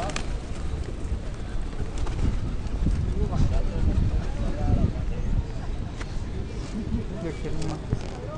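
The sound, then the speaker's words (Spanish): Pigeons coo and flutter in a dense, steady flock around people standing in front of a mayor's office, with murmuring voices and a continuous low rumble of street noise underneath. “Tenemos palomas alrededor nuestro.”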